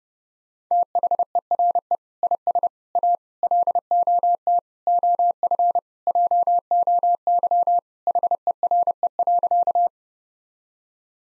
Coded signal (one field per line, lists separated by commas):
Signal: Morse code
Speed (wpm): 30 wpm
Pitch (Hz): 700 Hz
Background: none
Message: THERE IS A LOT OF JOY HERE.